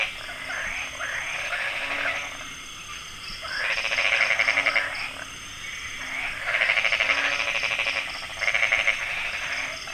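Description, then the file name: Crab-eating frog calling: rapid pulsed rattling croaks in swelling bursts against a noisy background. "Fejervarya cancrivora"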